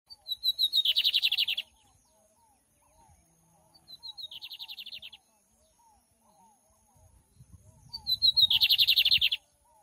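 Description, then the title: Lined seedeater song in three quick buzzy trilled phrases, each a fast series of high repeated notes. Tutor song for teaching birds to sing, recorded live with a waterfall. "Bigode Gavião Negro"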